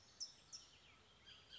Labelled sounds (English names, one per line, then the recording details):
Bullock's Oriole
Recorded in Sonoma County, California